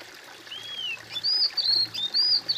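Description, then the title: Bird song: a long arched whistle followed by several higher slurred whistled notes, clear over a low hiss. "kOMPILASI suara bird"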